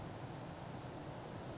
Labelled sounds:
Western Flycatcher (Empidonax difficilis)
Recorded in Sonoma County, California

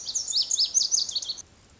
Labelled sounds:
Lazuli Bunting (Passerina amoena)
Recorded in Sonoma County, California

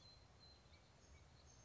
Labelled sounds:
Song Sparrow (Melospiza melodia)
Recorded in Sonoma County, California

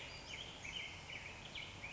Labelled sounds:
Black-headed Grosbeak (Pheucticus melanocephalus)
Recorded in Sonoma County, California

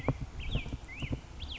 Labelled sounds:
Black-headed Grosbeak (Pheucticus melanocephalus)
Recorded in Sonoma County, California

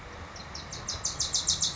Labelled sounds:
Wilson's Warbler (Cardellina pusilla)
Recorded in Sonoma County, California

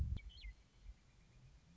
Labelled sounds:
Western Meadowlark (Sturnella neglecta)
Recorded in Sonoma County, California

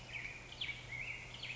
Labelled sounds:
Black-headed Grosbeak (Pheucticus melanocephalus)
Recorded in Sonoma County, California

